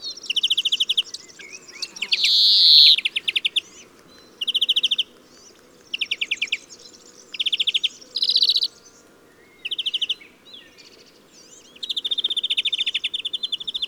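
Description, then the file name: European greenfinch song: bursts of rapid dry trills separated by short pauses, with a drawn-out buzzy wheeze early on and another buzzy phrase later. "Chloris chloris"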